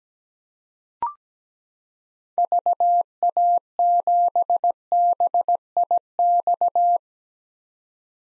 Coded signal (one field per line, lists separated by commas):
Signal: Morse code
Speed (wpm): 17 wpm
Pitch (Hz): 700 Hz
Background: none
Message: VA7BIX